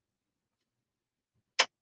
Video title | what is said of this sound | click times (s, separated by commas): VIRTUAL QUILT FEST DAY 5! | you it slides right in and you'll hear it snap into place | 1.6 s